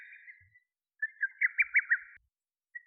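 Lesser cuckoo call, a quick series of several loud whistled notes that rise and fall, preceded by a softer flat note, in otherwise quiet surroundings.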